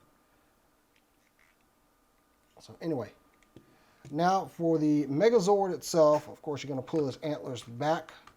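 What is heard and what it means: Someone talks while handling a Soul of Chogokin GX-78 Dragonzord, a transforming toy robot, getting ready to pull the plastic/die-cast antler pieces on the Megazord's head back into their ratchet joints. A few faint, quiet ticks are heard under the talking. The clip ends before the antlers click into position, so nothing has seated or clicked yet.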